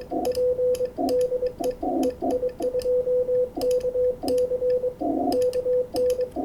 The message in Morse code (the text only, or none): P DE EI2KC KN